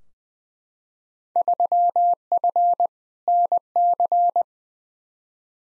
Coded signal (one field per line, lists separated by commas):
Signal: Morse code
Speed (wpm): 20 wpm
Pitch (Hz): 700 Hz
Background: none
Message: 3F NC